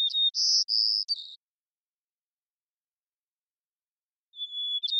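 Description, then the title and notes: White-crowned sparrow song, the tail of one phrase with buzzy trills near the start and a clear whistled opening note beginning again at the end, silence between. Washington, Pacific Northwest, United States; long performance of repeated song; parabolic recording, processed for clarity with natural pace, rhythm and dynamics kept. "White-crowned Sparrow, Zonotrichia leucophrys, long performance with repeated song, parabolic recording, clean-processed for clarity, natural pace, rhthym, and dynamics maintained, family: New World Sparrows Recorded in the beautiful Pacific Northwest, Washington, United States"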